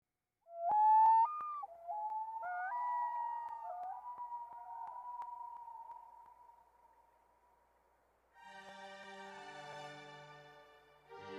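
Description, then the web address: Common Loon wailing: long whistled tones holding a steady pitch with upward slides and breaks, then soft harmonic instrumental music comes in. "Dan Gibson's Solitudes Loon Echo Lake"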